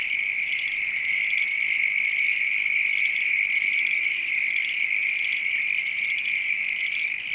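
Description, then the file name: Constant high frog chorus, with a brief low hum in the middle. Night countryside ambience with frogs. "AMBIENCE NIGHT COUNTRY FROGS RAIN FARM ANIMALS LOOP"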